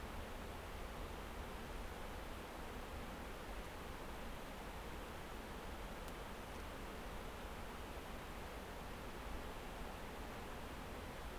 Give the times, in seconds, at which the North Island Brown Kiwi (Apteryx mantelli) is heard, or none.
none